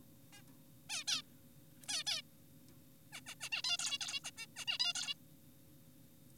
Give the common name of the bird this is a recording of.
Zebra Finch